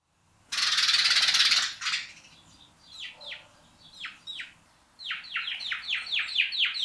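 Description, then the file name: House sparrow calls after a loud rushing noise: a few spaced single chirps, building to a quick, steady series of bright chirps. "Passer domesticus"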